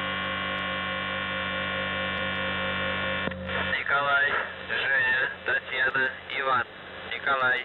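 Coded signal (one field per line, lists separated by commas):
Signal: channel marker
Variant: UVB-76 (The Buzzer)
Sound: a harsh low buzz for about three seconds, then a voice speaking over static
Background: radio static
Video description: "The Buzzer" is a Russian military radiostation that broadcasts on 4625 kHz.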